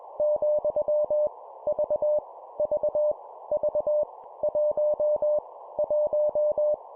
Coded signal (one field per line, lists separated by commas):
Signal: Morse code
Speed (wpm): 21 wpm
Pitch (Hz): 600 Hz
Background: none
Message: , V V V 1 1